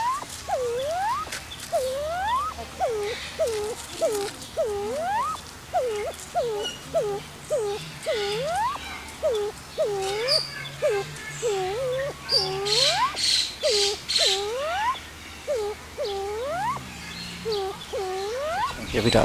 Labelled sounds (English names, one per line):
Black Curassow call